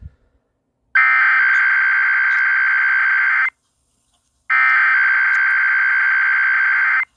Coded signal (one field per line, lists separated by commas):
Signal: Emergency Alert System (SAME) tones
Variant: header bursts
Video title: Eas rwt on Wjon radio and kwwj 1360am Baytown tx Eas#388- 389)